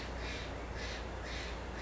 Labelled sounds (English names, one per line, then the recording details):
Steller's Jay
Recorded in Sonoma County, California